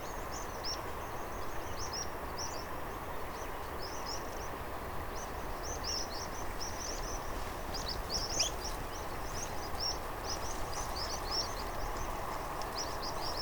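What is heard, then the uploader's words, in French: Pipits at a roost call in quick, high chirps that repeat steadily throughout, over a constant low rushing murmur filling the background. DORTOIR DE PIPITS. Marais des Bouligons - Nagra Ares BB+ - Omni B&K. Depuis début septembre un dortoir de pipit farlouse et spioncelle est installé dans le marais et la population dépasse les 100 individus. Tous les soir c'est un ballet de cris et de silhouettes qui tombent du ciel pour ce réfugier pour la nuit dans les roseaux.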